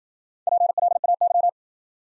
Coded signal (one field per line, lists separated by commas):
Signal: Morse code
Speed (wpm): 53 wpm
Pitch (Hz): 700 Hz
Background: none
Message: PLAY